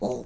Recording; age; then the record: pig call; piglet (1 to 25 days)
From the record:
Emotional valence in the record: negative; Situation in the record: long isolation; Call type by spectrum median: low-frequency call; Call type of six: low-frequency stable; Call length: 0.26 s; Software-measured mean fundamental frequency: 53 Hz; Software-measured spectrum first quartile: 292 Hz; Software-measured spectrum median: 471 Hz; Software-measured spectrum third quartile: 688 Hz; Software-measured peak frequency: 213 Hz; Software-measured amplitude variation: 115 dB a second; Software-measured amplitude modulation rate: 9.8 a second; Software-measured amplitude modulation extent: 11.8 dB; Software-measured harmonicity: 1.9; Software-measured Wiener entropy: -0.46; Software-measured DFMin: 1210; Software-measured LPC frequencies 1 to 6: 493, 2561, 4033, 5991, 6548, 8537 Hz